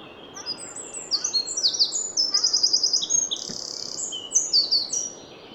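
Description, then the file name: Eurasian wren song: a loud, rapid run of high trills and sharp notes, tumbling between pitches for about five seconds without a break. "Troglodytes troglodytes"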